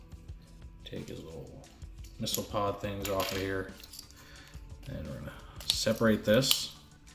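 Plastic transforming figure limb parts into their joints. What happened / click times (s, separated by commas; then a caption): Plastic parts handled, nothing has snapped into place yet / none. Someone talks while handling a plastic transforming action figure, removing its little missile pods and separating limb parts to move them into their joints, with a few faint plastic clicks and taps. Nothing has seated or snapped into place yet by the end of the clip.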